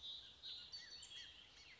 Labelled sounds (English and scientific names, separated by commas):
Bullock's Oriole (Icterus bullockii)